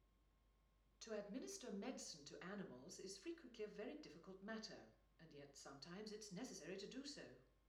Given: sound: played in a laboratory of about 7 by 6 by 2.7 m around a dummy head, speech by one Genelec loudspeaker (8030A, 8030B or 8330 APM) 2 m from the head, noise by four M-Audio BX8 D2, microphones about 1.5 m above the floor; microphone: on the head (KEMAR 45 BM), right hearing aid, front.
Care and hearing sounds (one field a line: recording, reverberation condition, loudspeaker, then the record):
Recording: female speech in English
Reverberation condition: medium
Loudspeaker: 60 degrees to the right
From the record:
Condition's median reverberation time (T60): about 510 ms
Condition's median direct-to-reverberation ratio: about -0.5 dB